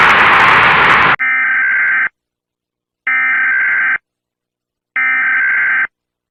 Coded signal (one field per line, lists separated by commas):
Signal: Emergency Alert System (SAME) tones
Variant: header bursts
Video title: EAS Scenario 2: Splaat Error (Splaat Gets Grounded Crossover)